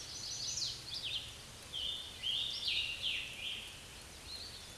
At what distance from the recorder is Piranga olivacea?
about 20 m